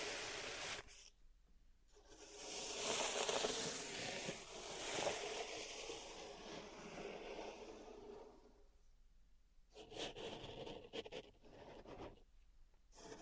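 Pink salt in a zen garden being raked and scraped, a gritty, hissing rub that swells and fades in long strokes. Brief pauses break it near one second and again around nine seconds, then short, sharper scrapes and taps follow toward the end.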